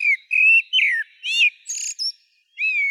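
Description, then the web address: Common blackbird with a run of clear, fluty whistled notes, some slurring downward, one scratchy twitter in the middle, then a final falling whistle after a short pause. "Turdus merula"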